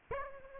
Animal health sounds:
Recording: mosquito wingbeat signal from an infrared sensor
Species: Aedes aegypti

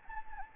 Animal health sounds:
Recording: mosquito wingbeat signal from an infrared sensor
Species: Anopheles gambiae

